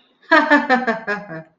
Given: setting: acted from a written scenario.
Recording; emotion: vocal sound without words; elation